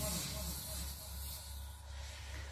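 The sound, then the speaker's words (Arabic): A voice imitates a viper's hiss: a sustained, breathy high-pitched hiss lasting a couple of seconds, steady in loudness, with a low hum underneath. “ألم تسمع بثحيح الأفعى؟”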